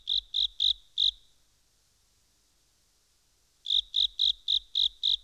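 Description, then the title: Frog calls in short bursts of sharp, high pulsed notes, about four per second, a group of four, a pause of over two seconds, then six more. "NHK Sound Effects Collection - 3-Frogs"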